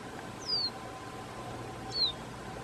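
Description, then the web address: Copper seedeater call: two thin, high whistles, each sliding steeply downward, about one and a half seconds apart, over quiet low hum. "Copper seedeater. صدای-پرنده-دانه-خوار-مسی"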